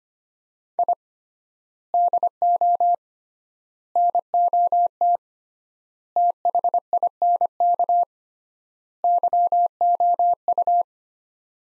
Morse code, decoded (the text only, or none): I DO NOT THINK YOU